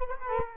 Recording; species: mosquito wingbeat signal from an infrared sensor; Culex quinquefasciatus